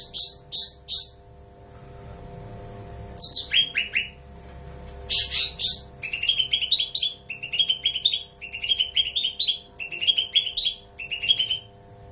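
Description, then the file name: Bulbul singing three quick high notes, then mixed descending phrases, ending in a long run of brisk, repeated mid-pitched chirps in short groups, over a low background hum. "suara cucak ranti"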